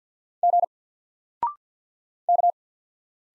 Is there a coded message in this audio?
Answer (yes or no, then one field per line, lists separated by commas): yes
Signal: Morse code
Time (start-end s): 0.4-2.5 s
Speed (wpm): 50 wpm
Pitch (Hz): 700 Hz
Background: none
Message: G K